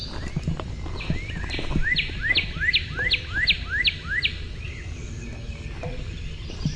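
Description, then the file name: Northern cardinal delivering a steady series of about nine loud whistles, each sweeping steeply downward, repeated roughly three times a second, with low rumbling background noise throughout. "NOCA song"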